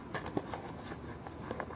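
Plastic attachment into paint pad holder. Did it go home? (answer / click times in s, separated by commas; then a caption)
no / none. A small plastic attachment on the end of a paint pad tool is lined up with its holder, giving a few soft, short handling taps over a low steady background hiss. The clip ends before the part goes home, so nothing has seated or snapped into place yet.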